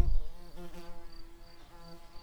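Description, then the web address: Early bumblebee buzzing in a steady low hum, with a brief thump at the start. Queens. "Pratorum queens"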